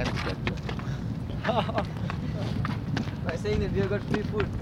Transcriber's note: laughter